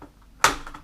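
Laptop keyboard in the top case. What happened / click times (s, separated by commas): A plastic clip pops free / 0.4 s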